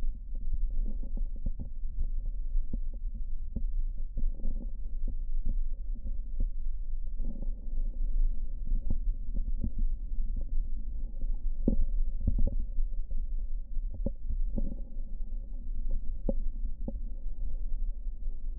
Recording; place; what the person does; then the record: lung sounds by stethoscope; right posterior basal chest; quiet breathing, then deep breathing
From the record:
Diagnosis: COPD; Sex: male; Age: 65 years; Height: 162 cm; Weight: 67.8 kg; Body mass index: 25.8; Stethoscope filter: diaphragm mode